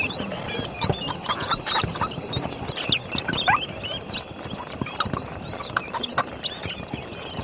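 Bats calling as a colony: a steady wash of scratchy clicks with short, high squeaks breaking through at irregular moments.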